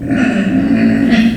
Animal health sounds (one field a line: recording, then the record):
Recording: squeal of a Yucatan mini pig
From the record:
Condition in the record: after surgery on the right vocal fold (resection and tissue-engineered implant)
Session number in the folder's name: 3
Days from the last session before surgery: 21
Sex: female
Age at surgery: 19 weeks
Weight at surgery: 25 kg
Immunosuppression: prednisolone